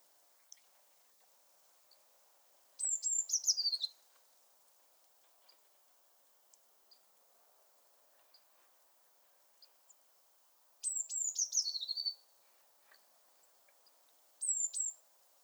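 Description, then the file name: Eurasian blue tit song: two high thin notes sliding down into a quick descending trill, given twice roughly eight seconds apart, with a brief third phrase near the end. "Cyanistes caeruleus"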